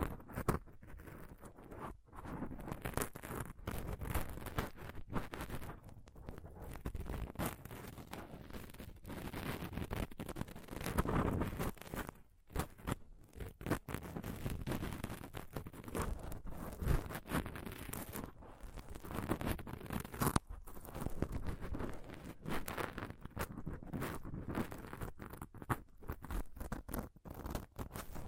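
Intense close-up scratching and touching on a microphone, a dense, rough rustle of rapid rubbing strokes that runs almost without pause for the whole clip. Brief gaps of near silence break it around 2, 6, 12 and 20 seconds before the scraping resumes.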